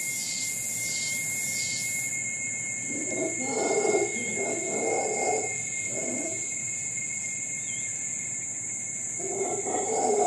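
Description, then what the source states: Howler monkey roaring in deep, rasping bouts, first in the middle and again at the end, while insects buzz steadily and pulse rhythmically at the start. Howler monkeys recorded in Costa Rica, with insects also sounding.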